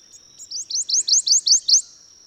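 Bird giving a fast phrase of about seven upward-sweeping high notes, evenly spaced and loud, with a steady shrill background tone throughout.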